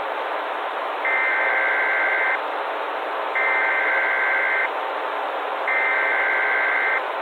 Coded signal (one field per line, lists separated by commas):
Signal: Emergency Alert System (SAME) tones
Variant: header bursts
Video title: EAS Scenario/Analog & Digital Horror - The Trollge